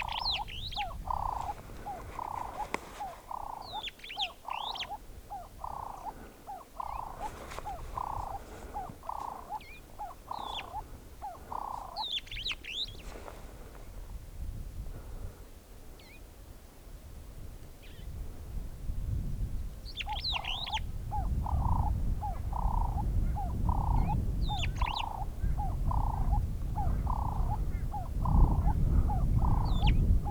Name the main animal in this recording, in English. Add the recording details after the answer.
Superb Starling. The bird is a male. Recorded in Kenya on 2 July 2008 at 10:07. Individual 86, of group SRB1